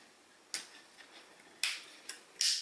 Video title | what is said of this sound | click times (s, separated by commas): Transformers Review: Combiner Wars Titan Class Devastator. P4L Reviews | and they kind of snap into place | 1.6 s, 2.4 s